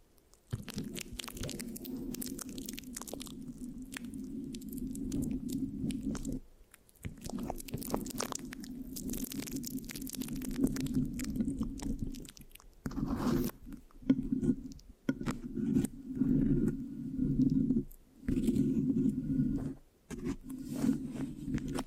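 Scratching on a microphone with a sticky, tacky texture, a dense low rumbling rub broken by crackly clicks and snaps. The rubbing runs in long stretches with brief silent gaps around 6.5, 12.5, 13.5, 18 and 20 seconds, then resumes.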